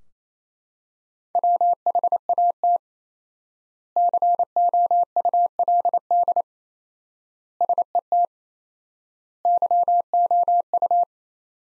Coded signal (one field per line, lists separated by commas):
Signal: Morse code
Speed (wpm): 28 wpm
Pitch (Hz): 700 Hz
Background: none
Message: WHAT COULD SET YOU